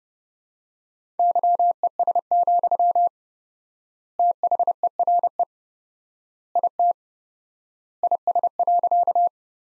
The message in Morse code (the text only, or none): YES, THERE IT IS.